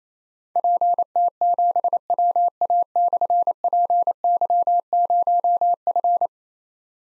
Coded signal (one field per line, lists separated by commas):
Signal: Morse code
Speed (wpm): 29 wpm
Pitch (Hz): 700 Hz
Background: none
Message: PT7WA/PY0F